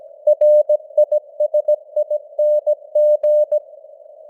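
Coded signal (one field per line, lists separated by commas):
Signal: Morse code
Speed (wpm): 17 wpm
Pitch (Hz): 600 Hz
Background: none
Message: RISING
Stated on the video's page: News headlines in Morse at 17 wpm with simulated radio noise and varying signal strength (QSB).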